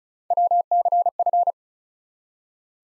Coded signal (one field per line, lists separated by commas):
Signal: Morse code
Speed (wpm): 36 wpm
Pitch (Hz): 700 Hz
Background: none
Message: WCF